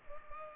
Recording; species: mosquito wingbeat signal from an infrared sensor; Culex pipiens